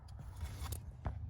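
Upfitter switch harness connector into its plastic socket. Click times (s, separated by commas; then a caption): 1.1 s. A GM upfitter auxiliary switch harness connector is pushed into its plastic socket with the red lock on the top side, over a steady low rumble with faint scraping. A sharp faint click at 1.1 s marks the connector seating and locking in place.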